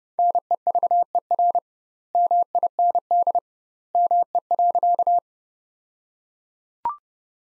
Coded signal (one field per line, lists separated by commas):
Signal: Morse code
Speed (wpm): 32 wpm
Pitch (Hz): 700 Hz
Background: none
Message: NEVER MIND ME.